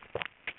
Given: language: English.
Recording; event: throat vibration sensor signal played as sound; swallow